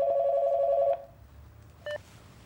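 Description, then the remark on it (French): A telephone in a florist's shop at a cemetery entrance rings loudly with one warbling, high-pitched burst about a second long, then stops; after a short quiet pause comes a brief click as the florist lifts the receiver. “Il entre dans la boutique au moment même où la fleuriste décroche son téléphone.”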